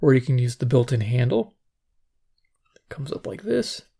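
Someone talks while raising the built-in fold-out carry handle on top of a Sangean H201 AM/FM/WX plastic waterproof shower radio, with a few faint, sharp ticks during the pause between phrases. The clip ends before the handle goes home, so nothing has seated or clicked into place yet.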